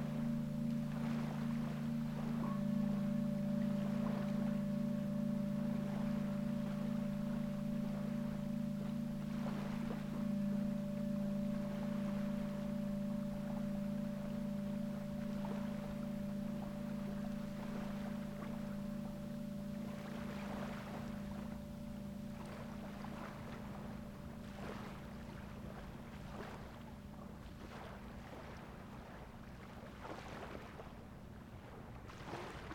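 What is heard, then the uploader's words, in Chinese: A singing bowl rings with a steady, low humming tone and a thin higher overtone, sustained through the whole clip and slowly fading. Behind it, ocean waves wash in as irregular soft rushes and splashes, growing more frequent toward the end. 海屿音浪 颂钵舒眠。在海边。背景里的海浪声和颂钵皆为现场收音。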